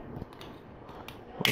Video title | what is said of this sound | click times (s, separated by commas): Let's Build - LEGO Ninjago Movie Water Strider Set #70611 | We put this 4x4 brick and it clicks onto that turntable and you hear it kind of clicking. | 1.5 s